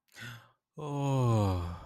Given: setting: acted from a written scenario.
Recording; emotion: vocal sound without words; relief